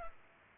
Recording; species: mosquito wingbeat signal from an infrared sensor; Culex pipiens